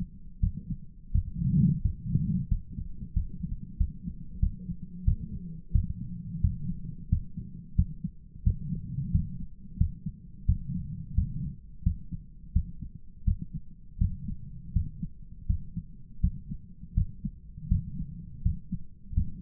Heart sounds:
heart sounds by stethoscope; 86 bpm
0.39 s: heartbeat
1.11 s: heartbeat
1.81 s: heartbeat
2.48 s: heartbeat
3.13 s: heartbeat
3.77 s: heartbeat
4.39 s: heartbeat
5.04 s: heartbeat
5.71 s: heartbeat
6.40 s: heartbeat
7.08 s: heartbeat
7.75 s: heartbeat
8.43 s: heartbeat
9.10 s: heartbeat
9.77 s: heartbeat
10.45 s: heartbeat
11.14 s: heartbeat
11.83 s: heartbeat
12.52 s: heartbeat
13.24 s: heartbeat
13.97 s: heartbeat
14.72 s: heartbeat
15.46 s: heartbeat
16.20 s: heartbeat
16.94 s: heartbeat
17.68 s: heartbeat
18.42 s: heartbeat
19.13 s: heartbeat
From the record:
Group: healthy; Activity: rest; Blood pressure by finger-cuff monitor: 122/73 mmHg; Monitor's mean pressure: 86 mmHg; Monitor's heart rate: 88 bpm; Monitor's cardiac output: 8.4 L/min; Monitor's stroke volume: 95 mL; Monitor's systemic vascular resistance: 750 dyn s/cm5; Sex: male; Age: 57 years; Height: 188 cm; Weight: 106 kg

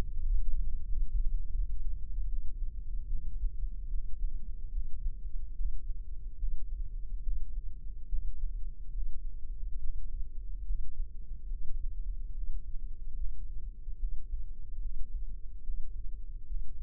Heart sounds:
heart sounds by microphone in the left ear; 74 bpm
0.21 s: heartbeat
0.84 s: heartbeat
1.51 s: heartbeat
2.26 s: heartbeat
3.07 s: heartbeat
3.87 s: heartbeat
4.69 s: heartbeat
5.53 s: heartbeat
6.35 s: heartbeat
7.20 s: heartbeat
8.06 s: heartbeat
8.90 s: heartbeat
9.77 s: heartbeat
10.62 s: heartbeat
11.47 s: heartbeat
12.31 s: heartbeat
13.13 s: heartbeat
13.96 s: heartbeat
14.78 s: heartbeat
15.61 s: heartbeat
16.44 s: heartbeat
From the record:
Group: healthy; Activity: breath hold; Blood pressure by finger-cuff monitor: 93/57 mmHg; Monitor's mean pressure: 70 mmHg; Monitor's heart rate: 72 bpm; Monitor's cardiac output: 6.4 L/min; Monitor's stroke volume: 84 mL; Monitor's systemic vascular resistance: 830 dyn s/cm5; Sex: female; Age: 26 years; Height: 165 cm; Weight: 55 kg

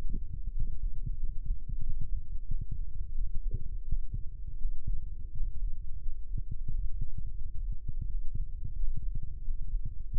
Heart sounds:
heart sounds by microphone in the left ear; 88 bpm
0.51 s: heartbeat
1.16 s: heartbeat
1.80 s: heartbeat
2.44 s: heartbeat
3.11 s: heartbeat
3.82 s: heartbeat
4.55 s: heartbeat
5.30 s: heartbeat
5.99 s: heartbeat
6.67 s: heartbeat
7.35 s: heartbeat
8.05 s: heartbeat
8.73 s: heartbeat
9.41 s: heartbeat
10.09 s: heartbeat
From the record:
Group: healthy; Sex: male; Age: 21 years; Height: 180 cm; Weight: 67.5 kg

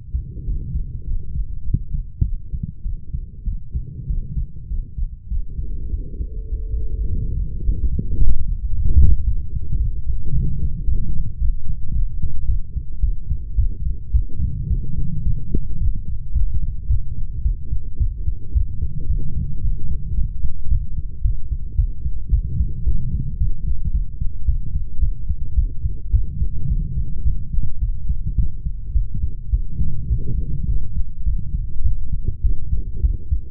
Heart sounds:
heart sounds by stethoscope; 107 bpm
0.45 s: heartbeat
1.04 s: heartbeat
1.63 s: heartbeat
2.22 s: heartbeat
2.82 s: heartbeat
3.44 s: heartbeat
4.07 s: heartbeat
4.68 s: heartbeat
5.28 s: heartbeat
5.90 s: heartbeat
6.49 s: heartbeat
7.07 s: heartbeat
7.63 s: heartbeat
8.18 s: heartbeat
8.71 s: heartbeat
9.25 s: heartbeat
9.78 s: heartbeat
10.32 s: heartbeat
10.86 s: heartbeat
11.39 s: heartbeat
11.93 s: heartbeat
12.46 s: heartbeat
13.01 s: heartbeat
13.56 s: heartbeat
14.12 s: heartbeat
14.68 s: heartbeat
15.24 s: heartbeat
15.79 s: heartbeat
16.34 s: heartbeat
16.88 s: heartbeat
17.43 s: heartbeat
17.98 s: heartbeat
18.53 s: heartbeat
19.08 s: heartbeat
19.62 s: heartbeat
20.16 s: heartbeat
20.69 s: heartbeat
21.23 s: heartbeat
21.76 s: heartbeat
22.31 s: heartbeat
22.85 s: heartbeat
23.39 s: heartbeat
23.92 s: heartbeat
24.46 s: heartbeat
25.00 s: heartbeat
25.56 s: heartbeat
26.12 s: heartbeat
26.68 s: heartbeat
27.24 s: heartbeat
27.80 s: heartbeat
28.36 s: heartbeat
28.93 s: heartbeat
29.51 s: heartbeat
30.09 s: heartbeat
30.66 s: heartbeat
31.25 s: heartbeat
31.83 s: heartbeat
32.42 s: heartbeat
33.02 s: heartbeat
From the record:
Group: healthy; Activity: rest 0-6 s, light exercise 6-34 s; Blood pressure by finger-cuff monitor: 133/76 mmHg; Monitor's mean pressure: 92 mmHg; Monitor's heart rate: 109 bpm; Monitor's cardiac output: 8.7 L/min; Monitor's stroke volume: 81 mL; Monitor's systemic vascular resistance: 760 dyn s/cm5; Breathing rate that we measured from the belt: 16 breaths a minute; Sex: female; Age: 32 years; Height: 168 cm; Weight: 61.9 kg

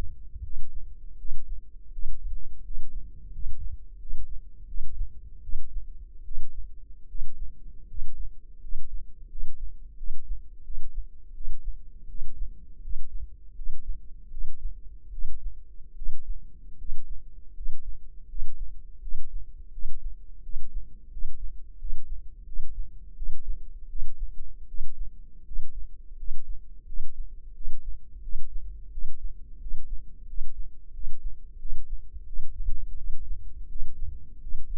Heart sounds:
heart sounds by microphone in the left ear; 83 bpm
0.41 s: heartbeat
1.17 s: heartbeat
1.90 s: heartbeat
2.62 s: heartbeat
3.30 s: heartbeat
3.97 s: heartbeat
4.65 s: heartbeat
5.41 s: heartbeat
6.23 s: heartbeat
7.06 s: heartbeat
7.86 s: heartbeat
8.59 s: heartbeat
9.27 s: heartbeat
9.95 s: heartbeat
10.62 s: heartbeat
11.32 s: heartbeat
12.06 s: heartbeat
12.80 s: heartbeat
13.54 s: heartbeat
14.29 s: heartbeat
15.10 s: heartbeat
15.94 s: heartbeat
16.76 s: heartbeat
17.53 s: heartbeat
18.26 s: heartbeat
18.99 s: heartbeat
19.70 s: heartbeat
20.41 s: heartbeat
21.09 s: heartbeat
21.77 s: heartbeat
22.44 s: heartbeat
23.14 s: heartbeat
23.87 s: heartbeat
24.66 s: heartbeat
25.43 s: heartbeat
26.15 s: heartbeat
26.84 s: heartbeat
27.52 s: heartbeat
28.20 s: heartbeat
28.89 s: heartbeat
29.58 s: heartbeat
30.25 s: heartbeat
30.91 s: heartbeat
31.57 s: heartbeat
32.24 s: heartbeat
32.95 s: heartbeat
33.67 s: heartbeat
34.39 s: heartbeat
From the record:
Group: healthy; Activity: rest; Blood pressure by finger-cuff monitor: 113/63 mmHg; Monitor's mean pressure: 76 mmHg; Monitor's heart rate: 83 bpm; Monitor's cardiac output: 7.8 L/min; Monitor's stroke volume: 93 mL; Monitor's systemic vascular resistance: 700 dyn s/cm5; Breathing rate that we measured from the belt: 13 breaths a minute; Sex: male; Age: 23 years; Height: 179 cm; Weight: 87 kg

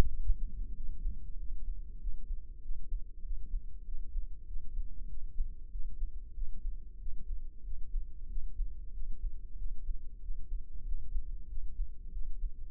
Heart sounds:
heart sounds by microphone in the left ear; 95 bpm
0.14 s: heartbeat
0.78 s: heartbeat
1.40 s: heartbeat
2.03 s: heartbeat
2.65 s: heartbeat
3.26 s: heartbeat
3.88 s: heartbeat
4.49 s: heartbeat
5.11 s: heartbeat
5.73 s: heartbeat
6.37 s: heartbeat
7.02 s: heartbeat
7.66 s: heartbeat
8.31 s: heartbeat
8.96 s: heartbeat
9.60 s: heartbeat
10.24 s: heartbeat
10.87 s: heartbeat
11.51 s: heartbeat
12.15 s: heartbeat
From the record:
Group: healthy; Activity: rest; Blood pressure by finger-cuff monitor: 133/75 mmHg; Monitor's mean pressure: 93 mmHg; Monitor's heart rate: 94 bpm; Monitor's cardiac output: 7.8 L/min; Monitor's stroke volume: 81 mL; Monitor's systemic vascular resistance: 880 dyn s/cm5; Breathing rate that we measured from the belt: 16 breaths a minute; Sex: male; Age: 21 years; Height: 175 cm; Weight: 72.6 kg

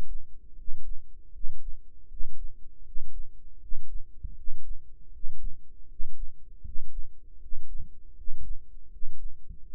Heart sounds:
heart sounds by microphone in the right ear; 79 bpm
0.54 s: heartbeat
1.31 s: heartbeat
2.07 s: heartbeat
2.83 s: heartbeat
3.59 s: heartbeat
4.34 s: heartbeat
5.10 s: heartbeat
5.87 s: heartbeat
6.62 s: heartbeat
7.38 s: heartbeat
8.14 s: heartbeat
8.89 s: heartbeat
9.63 s: heartbeat
From the record:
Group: healthy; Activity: rest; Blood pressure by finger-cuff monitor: 95/68 mmHg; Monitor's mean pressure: 74 mmHg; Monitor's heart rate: 79 bpm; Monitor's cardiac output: 6.2 L/min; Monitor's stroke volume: 78 mL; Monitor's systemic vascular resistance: 870 dyn s/cm5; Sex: male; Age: 35 years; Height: 180 cm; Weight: 86.9 kg

